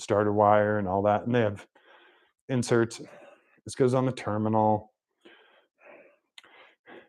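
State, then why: Seated. Someone talks about heavy battery terminals for a limo, then fits an insert onto a battery terminal. A sharp, short click at 6.4 s marks the insert locking into place on the terminal.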